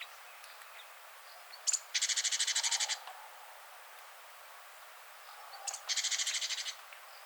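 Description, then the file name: Great tit call: two harsh, buzzy rattles of fast repeated notes, each about a second long and each preceded by a short note, separated by a pause of about three seconds. "Parus major"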